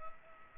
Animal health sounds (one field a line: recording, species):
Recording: mosquito wingbeat signal from an infrared sensor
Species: Culex pipiens